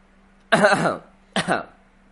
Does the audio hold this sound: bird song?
no